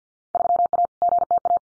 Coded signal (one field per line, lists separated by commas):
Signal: Morse code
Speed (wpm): 50 wpm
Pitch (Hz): 700 Hz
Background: none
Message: 3A GTA